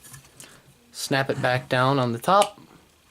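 The rewind knob on a Yashica Minister D rangefinder camera is snapped back down over the loaded 35mm film canister and rotated so its fork can engage the canister spool, with faint handling sounds, including a brief tap near 0.4 s, under someone talking. Nothing has seated or clicked yet.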